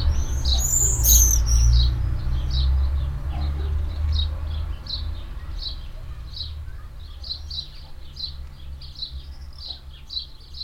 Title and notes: A tractor passing by and two disturbed swallows flying fast and chirping close above my head. Munshausen, Traktor, Schwalben. Project - Klangraum Our